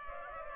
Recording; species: mosquito wingbeat signal from an infrared sensor; Culex pipiens